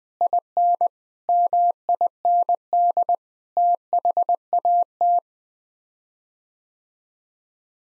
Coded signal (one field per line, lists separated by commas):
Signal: Morse code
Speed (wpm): 20 wpm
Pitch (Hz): 700 Hz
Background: none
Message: IN MIND THAT